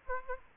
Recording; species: mosquito wingbeat signal from an infrared sensor; Aedes aegypti